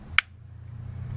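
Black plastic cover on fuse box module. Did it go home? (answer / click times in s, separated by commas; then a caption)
yes / 0.2 s. The black plastic cover is pressed back onto the fuse box module (TIPM) of a 2011 Dodge Caravan during a fuel pump relay repair. A single sharp, bright snap at 0.2 s stands out over a steady low hum. The cover snaps on and seats back into place.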